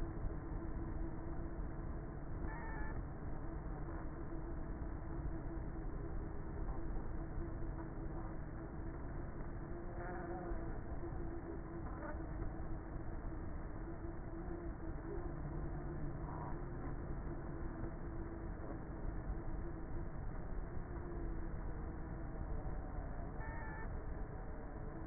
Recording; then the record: honeybee colony, microphone inside the hive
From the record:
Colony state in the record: queenless with a low population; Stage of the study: before two queens were removed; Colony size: about 30,000 bees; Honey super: no